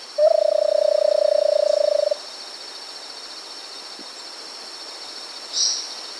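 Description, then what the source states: Versicolored barbet song: one level trill of quick low pulses for about two seconds over a continuous high-pitched hum, followed later by a short high note. South America.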